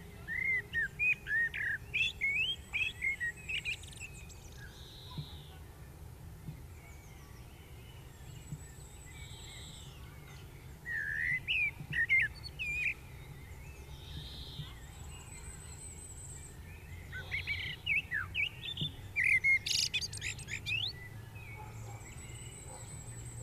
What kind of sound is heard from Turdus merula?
song